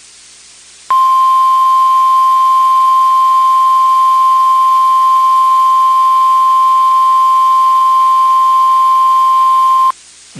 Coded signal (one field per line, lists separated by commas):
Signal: Emergency Alert System (SAME) tones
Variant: 1050 Hz attention tone